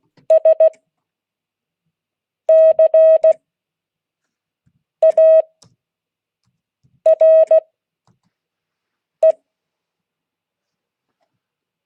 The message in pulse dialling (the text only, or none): none